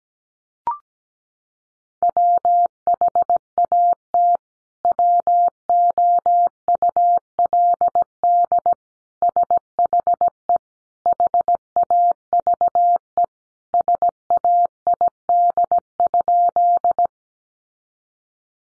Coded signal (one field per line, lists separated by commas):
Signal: Morse code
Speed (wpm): 17 wpm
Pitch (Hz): 700 Hz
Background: none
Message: WHAT WOULD SHE HAVE SAID?